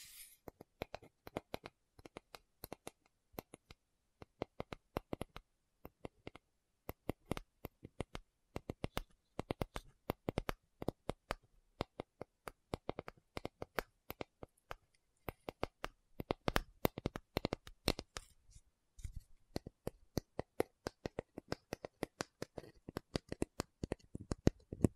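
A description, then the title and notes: Tapping with no talking: rapid, irregular clicks and taps run through the whole stretch, each one sharp and crisp from low thuds up to bright ticks. Bursts grow denser and quicker after about fifteen seconds, with brief pauses around eighteen seconds. Tapping Session (No Talking).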